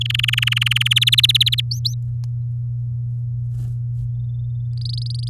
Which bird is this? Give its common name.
Domestic Canary